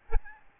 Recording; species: mosquito wingbeat signal from an infrared sensor; Aedes albopictus